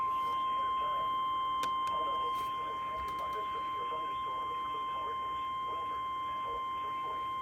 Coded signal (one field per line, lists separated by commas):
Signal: Emergency Alert System (SAME) tones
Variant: 1050 Hz attention tone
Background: speech